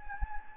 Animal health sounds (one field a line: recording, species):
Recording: mosquito wingbeat signal from an infrared sensor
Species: Anopheles gambiae